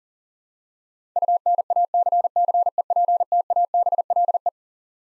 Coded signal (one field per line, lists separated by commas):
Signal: Morse code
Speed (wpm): 40 wpm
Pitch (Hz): 700 Hz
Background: none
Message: UNACCEPTABLE